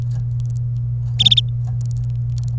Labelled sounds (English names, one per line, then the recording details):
Domestic Canary song
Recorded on 27 April 2018 at 13:20
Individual llb3